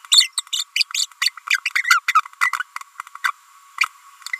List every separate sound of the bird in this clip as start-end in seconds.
0.12-0.27, 0.37-0.41, 0.53-0.61, 0.76-0.83, 0.94-1.04, 1.21-1.29, 1.50-1.57, 1.75-1.82, 2.60-2.63, 3.24-3.31, 3.81-3.83